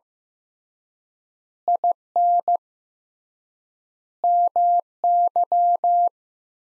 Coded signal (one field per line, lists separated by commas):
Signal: Morse code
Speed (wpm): 15 wpm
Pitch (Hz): 700 Hz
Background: none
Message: IN MY